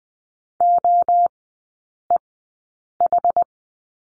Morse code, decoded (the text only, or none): OEH